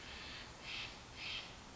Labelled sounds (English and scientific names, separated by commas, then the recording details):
Steller's Jay (Cyanocitta stelleri)
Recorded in Sonoma County, California